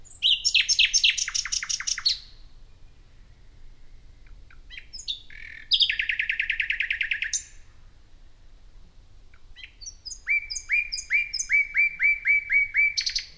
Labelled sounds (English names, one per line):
Common Nightingale song